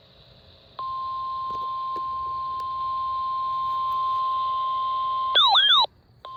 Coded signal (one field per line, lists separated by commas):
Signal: Emergency Alert System (SAME) tones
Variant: 1050 Hz attention tone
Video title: WWF75 Severe Thunderstorm Warning. 4/15/26 EAS #584